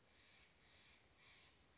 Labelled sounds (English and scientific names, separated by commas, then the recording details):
Steller's Jay (Cyanocitta stelleri)
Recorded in Sonoma County, California